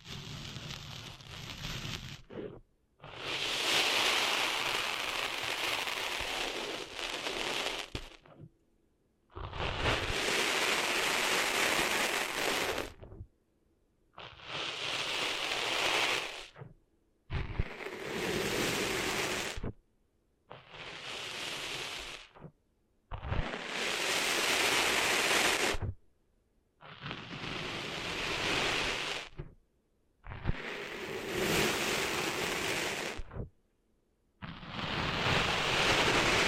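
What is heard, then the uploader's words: Sand being cleaned out of ears: bursts of dense, gritty rustling and scraping, each lasting two to four seconds, come about ten times with short, almost silent pauses between them. Each burst is hissy and bright, with a faint low rumble underneath. ASMR Cleaning Sand Out of Your Ears (No Talking).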